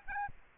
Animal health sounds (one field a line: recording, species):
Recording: mosquito wingbeat signal from an infrared sensor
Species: Aedes albopictus